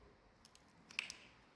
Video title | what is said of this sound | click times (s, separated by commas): Діагностика проблем з АКПП HMMWV (частина 2) | все Значить вона защолкнута правильно | 1.0 s